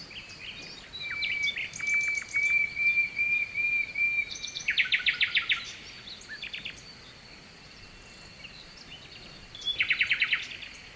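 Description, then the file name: Nightingale song: a long pure whistled note held for seconds, then loud, rapid repeated trills, over a steady background of running water. Nightingale singing at night with a distant stream, recorded at Kovachevitsa, Bulgaria. "Noshten slavej i dalechen potok (s Kovachevica)"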